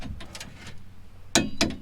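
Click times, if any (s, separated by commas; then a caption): 1.4 s. A torque wrench tightens the lower mounting bolt of a rear strut on a Honda Ridgeline until it clicks at its set value; this click is faint at settings under 50 lb-ft. After quiet, low ratcheting and handling noise, the sharp click comes at 1.4 s, followed by a second, softer snap at 1.6 s. The bolt is confirmed tightened to torque.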